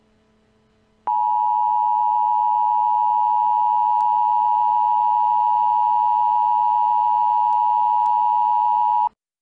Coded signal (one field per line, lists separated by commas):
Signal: Emergency Alert System (SAME) tones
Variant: 853 and 960 Hz attention tone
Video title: Eas Scenario: Star Wars Order 66